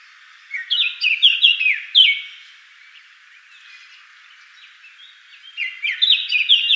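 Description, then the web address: Eurasian blackcap: two loud phrases of bright, fluty warbling, the second starting after a quiet gap of about three seconds. "SETE data Sylvia atricapilla"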